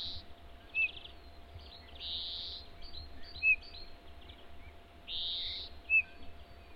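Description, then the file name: Eurasian bullfinch calls: three soft down-curved piping whistles among longer buzzy wheezing notes, over a faint steady hum. "Pyrrhula pyrrhula"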